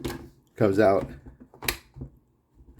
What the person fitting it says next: seats very smoothly very firm it's a good lock it's solid